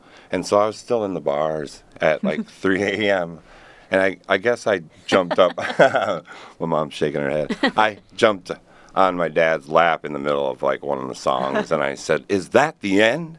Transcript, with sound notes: I was still in the bars at 3:00 AM, I guess I jumped up -- [LAUGHTER] my mom's shaking her head -- I jumped on my dad's lap in the middle of one of the songs, and I said, "Is that the end?"